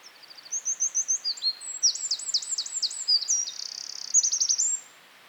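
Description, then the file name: Eurasian wren delivering a loud, very high song of rapid repeated notes and rattling trills, changing pace several times over almost five seconds. "Troglodytes troglodytes"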